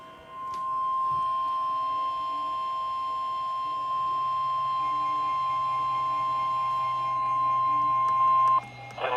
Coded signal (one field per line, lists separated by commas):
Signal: Emergency Alert System (SAME) tones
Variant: 1050 Hz attention tone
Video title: SPECIAL! July 4, 2021 - Special Marine Warning for Coastal NJ Waters (EAS #1,837)